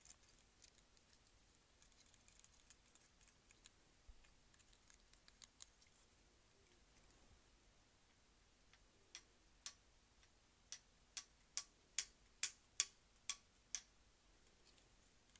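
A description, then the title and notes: Hair clips are handled, giving faint scattered clicks and rustles for the first nine seconds. From about nine seconds on, sharp bright clicks come in a regular series, getting louder until near the end, over a low steady hum. ASMR Hair Clip.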